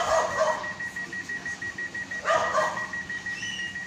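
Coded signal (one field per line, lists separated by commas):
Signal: none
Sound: door closing warning beeps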